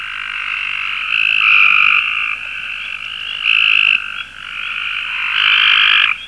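Cope's gray treefrog calling, buzzy trills over a continuous background chorus, with three louder calls standing out.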